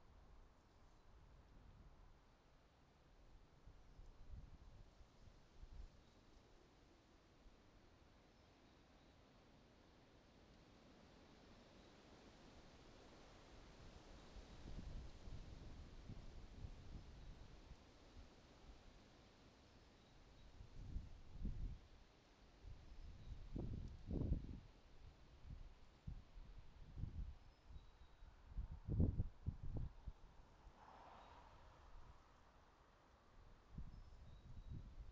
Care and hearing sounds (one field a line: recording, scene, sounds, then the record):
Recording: everyday scene through a hearing-aid microphone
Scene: wind on the microphone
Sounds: wind, traffic, birds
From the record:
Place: suburban garden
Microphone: in the ear canal, right